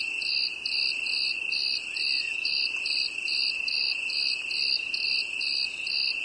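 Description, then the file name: Cricket song: a steady high trill runs underneath while brighter chirps repeat briskly, evenly paced throughout. "grillon"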